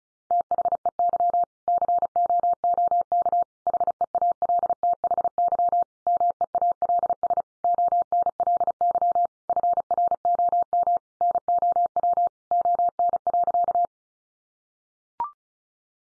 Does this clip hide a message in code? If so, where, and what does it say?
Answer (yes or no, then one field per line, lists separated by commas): yes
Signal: Morse code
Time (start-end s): 0.3-13.9 s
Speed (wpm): 34 wpm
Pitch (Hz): 700 Hz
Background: none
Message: THEY COOK HEALTHY MEALS ONLY FROM NOW ON.